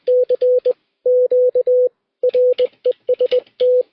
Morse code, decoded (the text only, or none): CQ REST